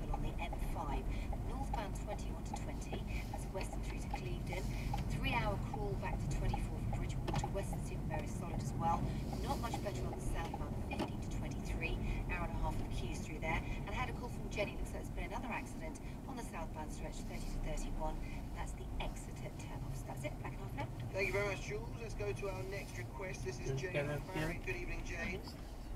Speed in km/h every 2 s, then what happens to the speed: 21, 19, 19, 24, 29, 27, 27, 23, 18, 15, 16, 10, 2.
0-5 steady at about 19. 5-7 speeds up to 29. 7-12 steady at about 27. 12-18 slows to 15. 21-26 brakes to 2.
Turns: 0-7.